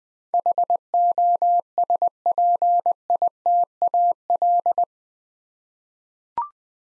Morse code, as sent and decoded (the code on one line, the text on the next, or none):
.... --- ... .--. .. - .- .-..
HOSPITAL